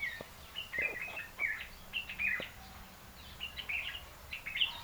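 African red-eyed bulbul calls, short chirpy notes in quick uneven bursts throughout, with faint low clicks and background noise.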